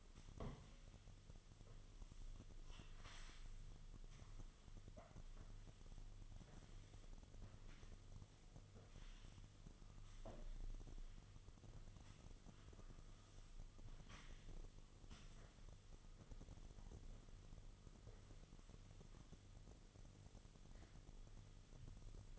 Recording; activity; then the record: daily activity, microphone in the room; sweep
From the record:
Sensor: 4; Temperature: 26.3 degrees Celsius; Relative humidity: 32.1%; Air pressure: 1005.6 hPa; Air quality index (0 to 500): 110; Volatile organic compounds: 3 ppm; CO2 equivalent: 1367 ppm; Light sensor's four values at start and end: 13/29/11/11 and 13/29/11/11